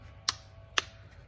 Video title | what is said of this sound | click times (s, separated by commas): Honda S2000 - Cabin air filter How to | See? Snaps into place. | 0.3 s, 0.8 s